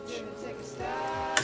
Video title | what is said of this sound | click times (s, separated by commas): POURQUOI LA BAMBU LAB A1 COMBO SE VEND COMME DES CHOCALINES ??? 🍫🍫🍫🥖🥖🥖🫔🫔🫔 | clipse j'avoue que ça c'est quand même c'est quand même bien fait | 1.4 s